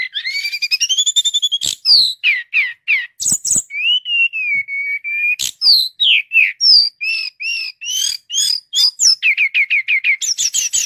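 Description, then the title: Flycatcher (sikatan londo) song: a rapid, continuous run of varied clear whistles, slurred rising and falling notes and sharp chips, with fast repeated notes near the end. Sikatan londo masteran training material for cage birds, full-speed continuous song called tembakan. "Materi Suara Burung Sikatan Londo Masteran Hits Tembakan Full Speed Rapet Durasi"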